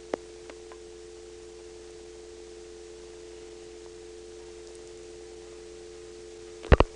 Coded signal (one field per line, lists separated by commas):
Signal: telephone call progress tone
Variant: North America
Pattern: dial tone